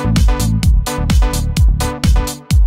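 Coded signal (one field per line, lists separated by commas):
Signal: none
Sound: synth beeps in techno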